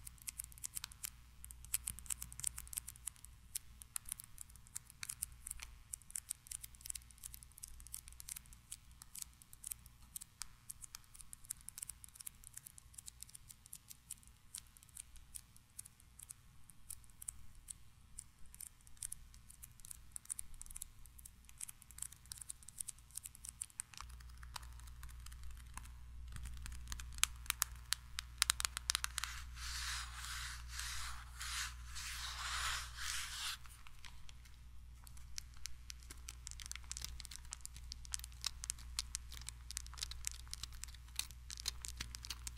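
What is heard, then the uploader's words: Tiny mic triggers: a dense, rapid stream of crisp snipping and tapping clicks over a steady low hum, growing brighter and busier around 27–33 seconds. ASMR 1 HR Of Tiny Mic Triggers.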